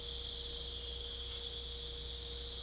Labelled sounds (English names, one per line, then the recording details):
none
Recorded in secondary vegetation near Puerto Asís, Putumayo, Colombia, on 26 December 2024 at 23:30
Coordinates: 0.488, -76.319
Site GP04